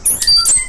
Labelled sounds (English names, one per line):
Stitchbird song